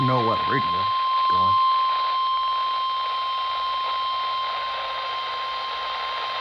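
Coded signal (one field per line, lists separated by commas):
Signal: Emergency Alert System (SAME) tones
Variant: 1050 Hz attention tone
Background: speech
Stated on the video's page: NOAA Weather Radio weekly test relayed over an FM station's HD channels; weather radio transmitter on 162.550 MHz.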